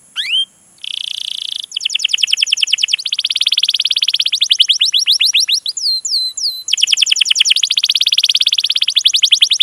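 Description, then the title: Canary song with a brief buzz, then long rapid rattles and trills and several falling whistled notes. Song used as a lure (pancingan) to prompt a canary to sing; described as vigorous, long singing (gacor panjang) and as master song material. "PANCINGAN Kenari GACOR PANJANG. Pancingan Gacor Masteran"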